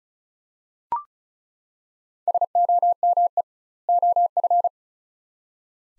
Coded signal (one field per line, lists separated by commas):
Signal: Morse code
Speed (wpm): 34 wpm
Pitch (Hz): 700 Hz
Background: none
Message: SOME OF